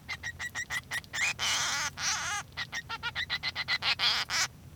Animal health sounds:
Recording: song of a male Bengalese finch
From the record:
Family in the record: son of father 3

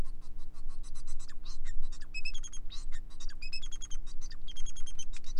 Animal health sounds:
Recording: song of a male Bengalese finch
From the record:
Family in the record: son of father 4

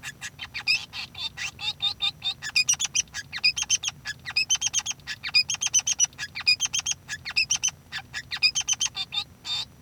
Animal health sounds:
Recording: song of a male Bengalese finch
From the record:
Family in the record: son of father 3

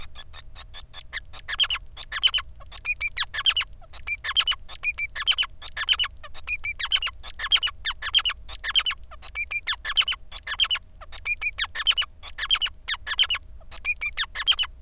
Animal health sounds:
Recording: song of a male Bengalese finch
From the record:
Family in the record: son of father 5

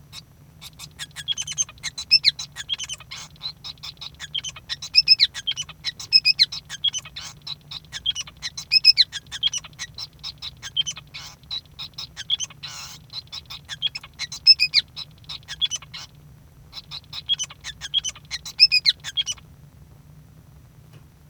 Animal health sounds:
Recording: song of a male Bengalese finch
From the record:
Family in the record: son of father 5

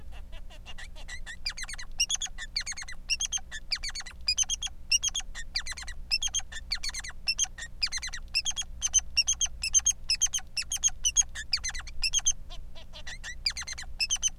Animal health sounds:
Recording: song of a male Bengalese finch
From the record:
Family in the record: son of father 3

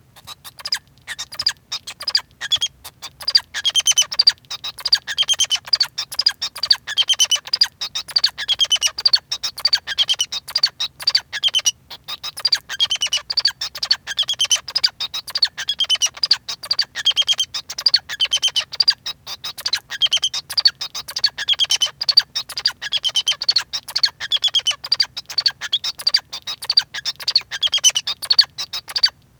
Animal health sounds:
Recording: song of a male Bengalese finch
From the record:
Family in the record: son of father 2

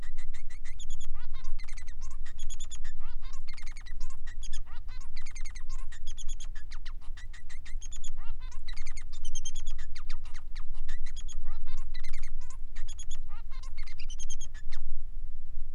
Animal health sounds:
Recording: song of a male Bengalese finch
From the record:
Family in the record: son of father 3

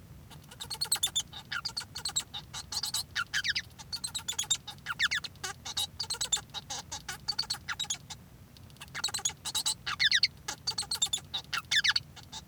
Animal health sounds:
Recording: song of a male Bengalese finch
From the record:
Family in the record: son of father 1

